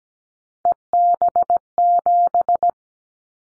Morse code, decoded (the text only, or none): EB7